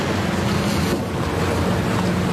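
A ferry mooring against the quay, pushed through a funnel-shaped approach against the side: a loud, steady low engine rumble with churning water and wind noise, continuous throughout, with no voices.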